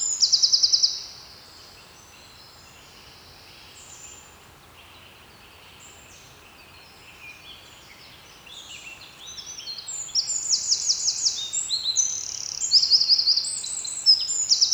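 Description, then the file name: Eurasian wren giving a brief burst of high rattling trill, then near silence for several seconds before a long, loud, tumbling song of fast trills. "Troglodytes troglodytes"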